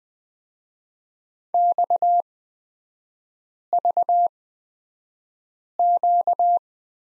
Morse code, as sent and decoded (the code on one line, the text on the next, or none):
-..- ...- --.-
XVQ